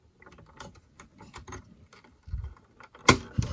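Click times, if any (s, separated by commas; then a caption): 3.1 s. A plastic add-on piece is pushed onto the back of the plastic trailer of a Fans Hobby MB06 V2 Power Baser transforming robot to fill in the gaps there. Light plastic rattling and handling ticks are followed by a sharp, loud click at 3.1 s as it hooks and clicks in place, then a softer tap at 3.4 s.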